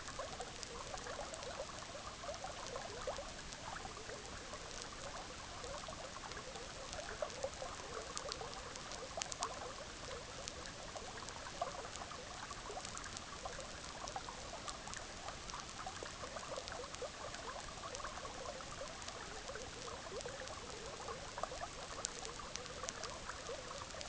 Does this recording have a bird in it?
no